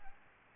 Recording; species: mosquito wingbeat signal from an infrared sensor; Aedes albopictus